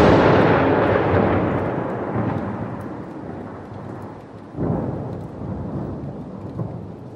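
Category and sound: nature, thunderstorm thunder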